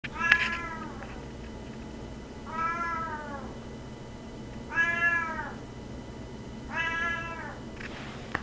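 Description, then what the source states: Domestic cat meowing: several drawn-out, arched meows spaced roughly two seconds apart against a low steady background hum. Cat conversation recorded in Quebec in 2012.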